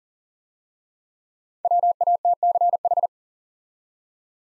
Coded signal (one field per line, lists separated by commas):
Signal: Morse code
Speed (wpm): 42 wpm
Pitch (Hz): 700 Hz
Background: none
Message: WATCH